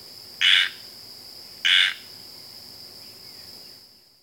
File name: squirrel treefrog